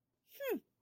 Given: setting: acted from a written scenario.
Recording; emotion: vocal sound without words; contempt